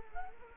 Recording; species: mosquito wingbeat signal from an infrared sensor; Culex quinquefasciatus